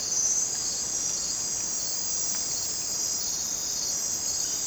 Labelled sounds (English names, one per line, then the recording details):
none
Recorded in dense forest near Puerto Asís, Putumayo, Colombia, on 27 June 2025 at 01:00
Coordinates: 0.484, -76.317
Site G045